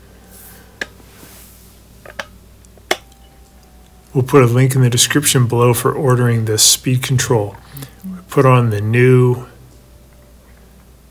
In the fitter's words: so i'll fit it into the little slots down there and i'll push the top of it in until it clicks